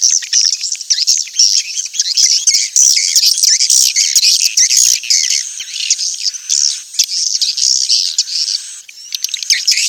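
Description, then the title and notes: Swiftlet twittering: a continuous, crowded chorus of high, buzzy chirps with few pauses, thinning briefly near the end. Call used for swiftlet farming in Asia. "Swiflet Bird Sound. Farming Swiflet Bird asia sound"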